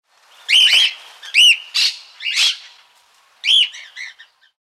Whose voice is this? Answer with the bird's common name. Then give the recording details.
Cockatiel. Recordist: Tembrock, Günter. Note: Warnrufe